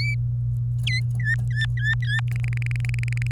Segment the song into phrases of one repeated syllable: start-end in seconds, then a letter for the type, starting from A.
0.87-1.00 A, 1.20-2.20 B, 2.28-3.32 C